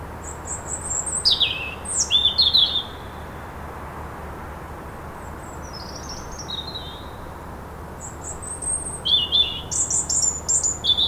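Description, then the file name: European robin song: sweet, high twittering phrases with downslurred whistles, a pause with a soft phrase, then another bright, varied phrase. "Erithacus rubecula"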